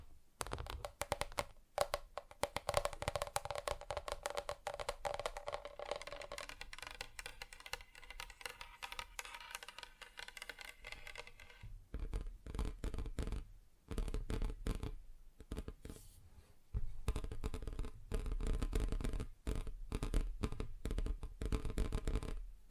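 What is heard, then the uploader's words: Tapping on different surfaces, with quick, dense taps running through most of the 23 seconds. Early on the taps ring with a bright tone, then turn drier and scratchier after about 12 seconds. Short pauses break the pattern near 12, 15 and 17 seconds. ASMR Just Tapping (Different Surfaces No Talking).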